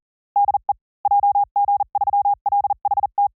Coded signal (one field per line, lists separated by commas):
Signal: Morse code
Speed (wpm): 38 wpm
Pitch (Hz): 810 Hz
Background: none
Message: DE JG3LHT